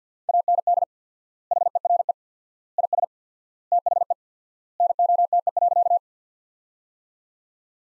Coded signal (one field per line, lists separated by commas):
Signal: Morse code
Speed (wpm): 50 wpm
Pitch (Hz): 700 Hz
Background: none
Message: AND HERE IS THE NOTE.